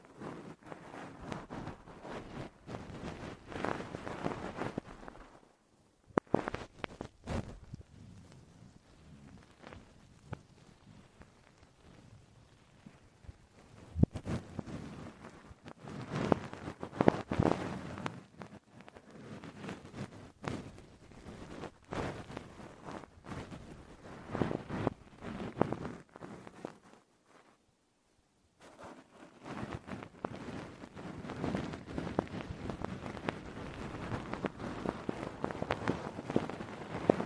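Crackly mouth sounds mix with soft glove rustling and hair-stroking noises in dense, uneven bursts. The texture swells and fades in waves, with brief near-silent pauses around six and twenty-seven seconds before the busy, bright crackle resumes.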